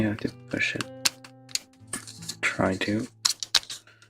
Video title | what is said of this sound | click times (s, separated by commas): Gundam The Witch From Mercury #05 -Dilanza [1/144 HG Bandai] #liveBuild #GunPla | I think it went in all the way, just didn't click. | none